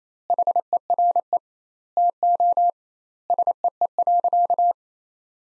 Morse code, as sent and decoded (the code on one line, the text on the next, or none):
.... . .-. . / - --- / ... . . .-.-.-
HERE TO SEE.